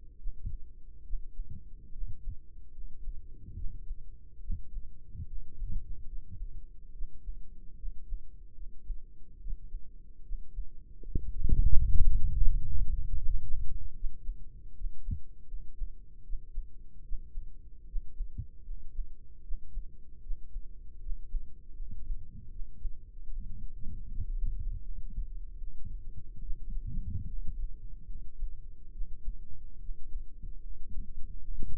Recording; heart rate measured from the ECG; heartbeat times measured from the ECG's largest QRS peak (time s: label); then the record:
heart sounds by microphone in the right ear; 75 bpm
0.16 s: heartbeat
1.02 s: heartbeat
1.90 s: heartbeat
2.70 s: heartbeat
3.53 s: heartbeat
4.39 s: heartbeat
5.25 s: heartbeat
6.04 s: heartbeat
6.91 s: heartbeat
7.75 s: heartbeat
8.53 s: heartbeat
9.37 s: heartbeat
10.21 s: heartbeat
11.00 s: heartbeat
11.70 s: heartbeat
12.43 s: heartbeat
13.15 s: heartbeat
13.93 s: heartbeat
14.73 s: heartbeat
15.46 s: heartbeat
16.21 s: heartbeat
17.01 s: heartbeat
17.84 s: heartbeat
18.63 s: heartbeat
19.41 s: heartbeat
20.19 s: heartbeat
20.98 s: heartbeat
21.74 s: heartbeat
22.48 s: heartbeat
23.27 s: heartbeat
24.07 s: heartbeat
24.81 s: heartbeat
25.57 s: heartbeat
26.39 s: heartbeat
27.25 s: heartbeat
28.05 s: heartbeat
28.90 s: heartbeat
29.78 s: heartbeat
30.60 s: heartbeat
31.37 s: heartbeat
From the record:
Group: healthy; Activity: rest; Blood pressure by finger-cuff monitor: 121/75 mmHg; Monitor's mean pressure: 86 mmHg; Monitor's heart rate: 75 bpm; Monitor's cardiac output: 5.3 L/min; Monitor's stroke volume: 71 mL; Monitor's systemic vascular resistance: 1170 dyn s/cm5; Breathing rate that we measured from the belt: 19 breaths a minute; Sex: male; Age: 20 years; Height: 167 cm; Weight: 61 kg